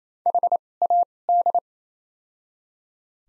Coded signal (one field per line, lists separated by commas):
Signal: Morse code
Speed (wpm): 28 wpm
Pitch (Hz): 700 Hz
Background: none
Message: HAD